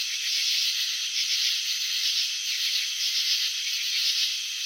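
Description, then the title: Cricket trilling, a shrill, even buzz with soft rhythmic beats and no gaps. Crickets chirping, shown in a slow-motion video of wing vibrations and antenna movements. "Crickets in Slow Motion. Capturing the Elegance of Chirping"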